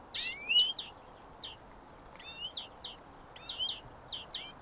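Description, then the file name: European greenfinch calls: short high chirps and a few quick upward-sliding whistles scattered throughout over a steady background hiss. "Chloris chloris"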